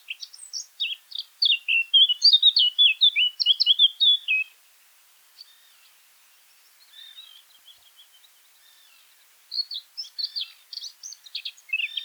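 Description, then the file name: Eurasian blackcap with a loud warbling phrase of quick mixed notes, a pause with soft twitters, then another fast scratchy phrase starting. "Sylvia atricapilla"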